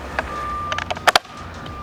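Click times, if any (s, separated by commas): 1.2 s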